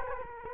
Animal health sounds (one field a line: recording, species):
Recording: mosquito wingbeat signal from an infrared sensor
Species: Culex quinquefasciatus